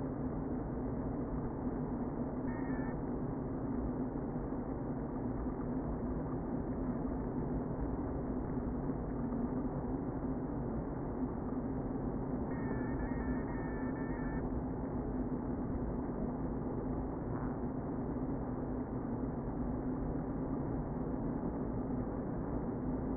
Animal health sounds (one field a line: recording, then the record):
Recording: honeybee colony, microphone inside the hive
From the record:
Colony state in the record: queen present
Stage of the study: before two queens were removed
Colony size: about 60,000 bees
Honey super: yes